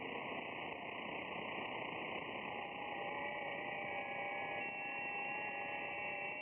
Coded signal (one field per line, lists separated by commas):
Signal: FT8